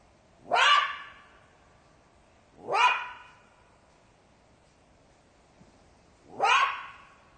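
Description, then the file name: Jackal giving three abrupt, rising yelps with short whining tails, the last one after a longer pause; background otherwise quiet. "zvuki shakala"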